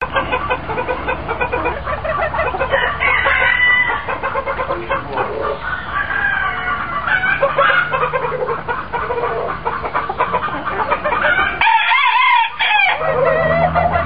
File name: chickens